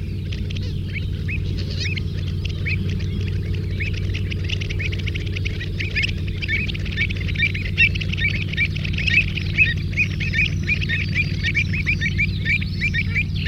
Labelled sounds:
Pied Avocet (Recurvirostra avosetta) call
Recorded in the wild
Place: Istria, Dobrogea, RO
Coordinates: 44.483, 28.811
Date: 1973-04-24
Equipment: Nagra III BH, Sennheiser MD 21, parabola
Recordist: Schubert, Michael
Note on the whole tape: Säbelschnäbler-Kolonie, territorialer Streit, Referenzaufnahme. f. d. Diversität der Sä.-Lautgebung

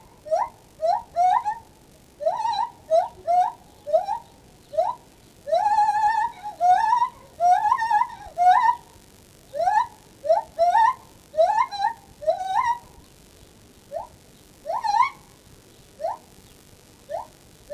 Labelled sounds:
Lar Gibbon (Hylobates lar) call
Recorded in captivity
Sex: pair
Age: adult
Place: Tierpark Berlin, Berlin, DE
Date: 1968-01-20
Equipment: Uher 4000 Report-S, Transistorverstärker II, Sennheiser MD 421
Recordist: Tembrock, Günter
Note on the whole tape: Dunkles Weibchen: Rufreihe (im Haus), dann Männchen: Ruffolgen (draußen, in der Ecke des Kasten). Abstand: 5 m Aufnahmezeit: 9.30-13:30 Uhr

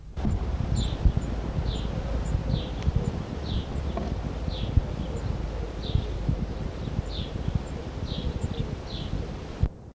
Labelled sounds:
Spotted Flycatcher (Muscicapa striata) call
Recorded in the wild
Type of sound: call
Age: immature
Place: Wernitzer Mark (Wustermark), Brandenburg, DE
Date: 1977-07-17
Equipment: Halbspur, 9,5 cm/s
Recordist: Lütgens, Hans
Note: Junge im Nest

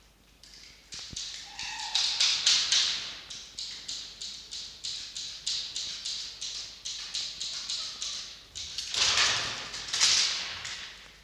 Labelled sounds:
Red Fox (Vulpes vulpes)
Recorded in captivity
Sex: group
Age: adult
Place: Zoologisches Institut der HUB, Berlin, DE
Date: 1953-02-27 17:50
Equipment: Elmetra
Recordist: Tembrock, Günter

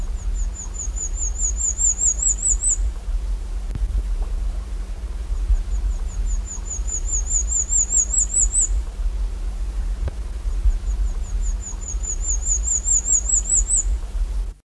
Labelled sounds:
Brown-capped Whitestart (Myioborus brunniceps) call
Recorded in the wild
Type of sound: call
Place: Córdoba, AR
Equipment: Halbspur, 9,5 cm/s
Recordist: Lütgens, Hans
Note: Rufe

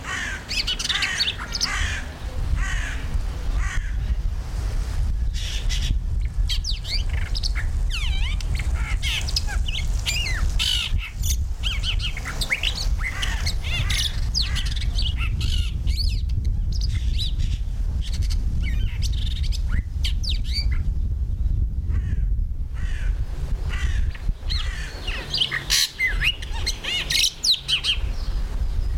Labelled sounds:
Splendid Starling (Lamprotornis splendidus) song
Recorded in captivity
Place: Zoo Berlin, Berlin, DE
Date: 1996-05-05 13:39
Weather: bedeckt, 8°C
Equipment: Sony MD-WM MZ-R3, Sennheiser MKH 416 T, Kopie Uher 4000 Report Monitor
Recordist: Tembrock, Günter

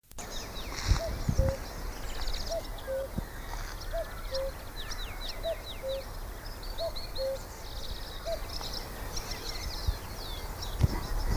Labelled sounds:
Common Cuckoo (Cuculus canorus)
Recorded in the wild
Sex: male
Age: adult
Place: Lübars (Fließtal), Berlin, DE
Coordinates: 52.6167, 13.35
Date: 2000-06-11 17:44
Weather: bedeckt, 24°C
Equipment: Marantz CP 430, Sennheiser ME 80, Kopie Uher 4000 Report Monitor
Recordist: Tembrock, Günter

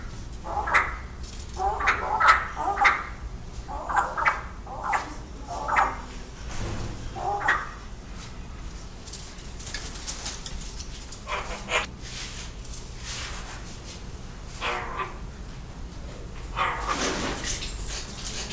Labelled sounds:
Yellow-faced Myna (Mino dumontii) call
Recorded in captivity
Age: adult
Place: Zoo Berlin, Berlin, DE
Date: 1997-08-28 10:22
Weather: sunny, 22-28°C
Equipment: Sony MD-WM MZ-R3, Sennheiser ME 80, K 30 AV, Kopie Uher 4000 Report Monitor
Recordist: Tembrock, Günter
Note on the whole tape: Zwei Tiere: zweisilbige Laute (Entfernung ca. 3 - 4 m)

